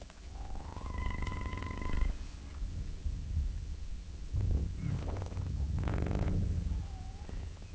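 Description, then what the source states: Cat with a level meow early on and a faint short call near the end, between bursts of rustling noise over a low rumble. Cat meowing gently and purring, with long intervals between sounds.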